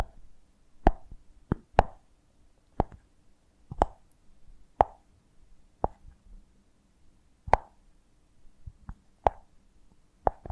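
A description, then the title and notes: Honeycomb on a branch is handled in a run of short, sharp plops and wet clicks, each a quick snap with a brief ringing tail around the middle pitch. They arrive irregularly, roughly one per second, over a faint low hum between them. ASMR of a Honeycomb on Branch (No Talking).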